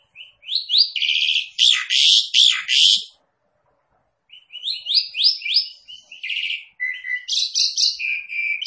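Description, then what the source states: Javan pied starling calls, loud harsh chattering bursts for three seconds, a silent pause, then a second run of varied whistles and buzzy trills. Lure call, meant to make another bird start calling right away.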